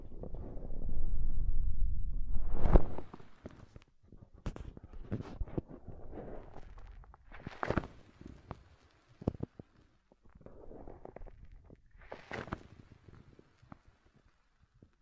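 Soft, fluffy trigger sounds, opening with a muffled, low rumbling rustle for about three seconds. After that comes a sparse run of brushy scrapes and sharp little taps, some bright and crisp, arriving irregularly with quiet gaps between them.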